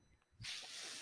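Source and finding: Home mechanical ventilator. Mechanical ventilator sound.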